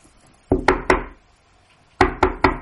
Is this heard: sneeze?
no